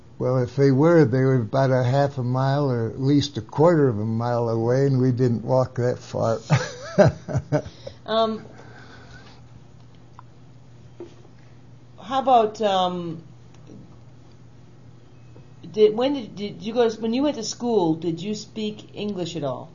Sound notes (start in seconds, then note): 6.4 laughs; 8.3 long gap